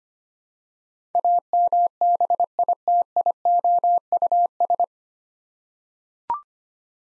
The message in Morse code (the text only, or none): AMBITIOUS